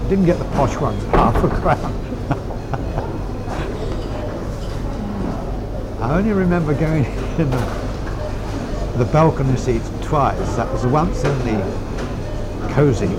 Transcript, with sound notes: You didn't get the posh ones at half a crown. [laughs] I only remember going in the balcony seats twice. That was once in the Cosy